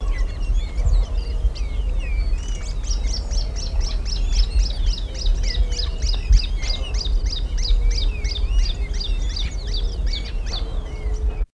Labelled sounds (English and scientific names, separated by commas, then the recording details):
Little Thornbird (Phacellodomus sibilatrix) song, Greyish Baywing (Agelaioides badius)
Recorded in the wild
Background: Agelaioides badius
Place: Buenos Aires, AR
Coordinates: -34.56, -58.45
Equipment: Halbspur, 9,5 cm/s
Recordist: Lütgens, Hans
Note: Belgrano (Buenos Aires): Einzelgesang